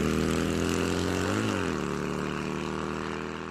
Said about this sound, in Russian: Мотоцикл взревел и понесся по пыльной дороге.